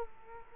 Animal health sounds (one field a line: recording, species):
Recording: mosquito wingbeat signal from an infrared sensor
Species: Culex quinquefasciatus